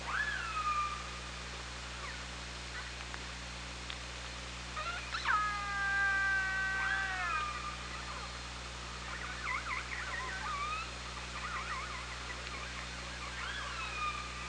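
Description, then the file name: Killer whale calls: many overlapping harmonic calls, including long flat drawn-out tones and wavering, buzzy pulsed notes, over a steady low hum. Killer whales recorded on the OrcaLab hydrophone, 24 August 2017, 17:23. "Orca Lab UTLN JASON 20170824 172300"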